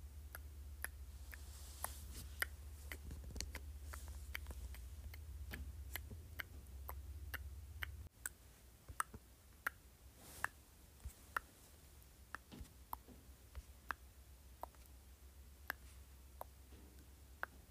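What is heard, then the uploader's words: Tongue clicking: sharp, crisp clicks land every half second or so at an uneven pace, some louder and brighter than others. A low steady hum sits underneath for the first eight seconds, then abruptly quiets and the clicks continue over a calmer background. ASMR Tongue Clicking.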